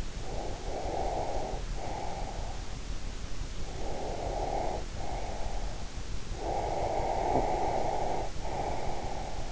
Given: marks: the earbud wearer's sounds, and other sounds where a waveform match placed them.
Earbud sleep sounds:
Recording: sounds in sleep by an in-ear microphone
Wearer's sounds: breath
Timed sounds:
0.06-2.69 s: breath
3.61-5.80 s: breath
6.30-9.52 s: breath

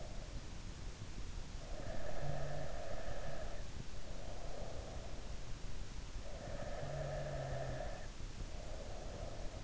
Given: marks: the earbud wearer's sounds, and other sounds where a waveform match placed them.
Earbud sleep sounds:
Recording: sounds in sleep by an in-ear microphone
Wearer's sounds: breath, snoring breath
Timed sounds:
1.58-5.13 s: breath
6.21-9.64 s: snoring breath

